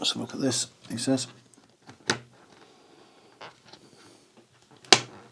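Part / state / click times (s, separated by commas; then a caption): helmet visor into helmet side pivot mount / seated / 4.9 s. Someone talks as the other side of the plastic visor on a Shoei Hornet ADV X2 helmet is pushed onto the helmet's side pivot mount. Quieter handling sounds follow, then a sharp click at 4.9 s as the visor snaps home and is seated on its second pivot.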